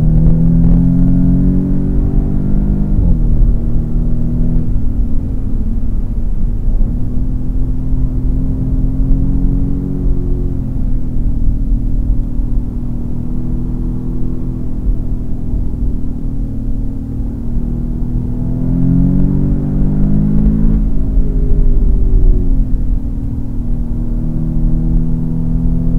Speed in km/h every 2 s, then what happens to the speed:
106, 119, 112, 98, 104, 92, 93, 93, 92, 112, 114, 88, 93.
0-3 speeds up to 119. 3-16 slows to 92. 16-20 speeds up to 114. 20-22 brakes to 88.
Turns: none.